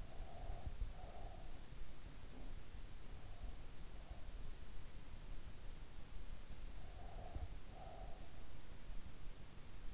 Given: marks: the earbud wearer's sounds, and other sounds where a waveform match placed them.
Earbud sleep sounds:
sounds in sleep by an in-ear microphone; breath
0.00-1.50 s: breath
6.37-8.47 s: breath

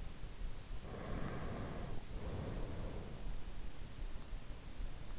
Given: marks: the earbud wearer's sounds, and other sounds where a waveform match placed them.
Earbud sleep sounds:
sounds in sleep by an in-ear microphone; breath
1.08-3.56 s: breath

